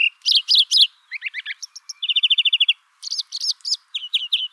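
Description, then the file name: European greenfinch twittering steadily: quick bursts of chirps and a fast even trill, repeated with only brief pauses throughout. "Chloris chloris"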